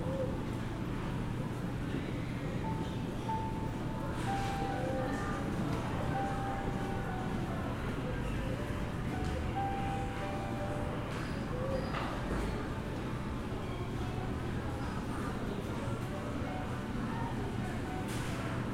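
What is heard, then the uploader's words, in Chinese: Steady ambience at Songshan Airport, with a constant low rumble and hum running through all nineteen seconds. Murmured voices sit in the mix, short mid-pitched beeps sound between about three and ten seconds, and scattered clicks and knocks occur throughout. 松山機場。記得當時散步累了,就在機場大廳隨意的找個地方坐著休息。看著熙來人往,搭配登機廣播。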